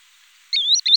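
Green sandpiper call: after a half-second of quiet, two clear whistled notes, the first sliding upward, the second short and ringing, both high-pitched.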